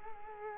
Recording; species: mosquito wingbeat signal from an infrared sensor; Culex quinquefasciatus